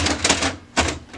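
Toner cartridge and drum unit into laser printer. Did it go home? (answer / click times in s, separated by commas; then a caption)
yes / 0.2 s. A plastic toner-and-drum unit (DR520) is pushed back into a Brother HL-5240 laser printer and clicks into place at 0.3 s with one sharp hit, seating the assembly. Short bursts of sliding and knocking surround it, and another burst follows near 0.8 s. Someone talks.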